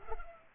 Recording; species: mosquito wingbeat signal from an infrared sensor; Culex pipiens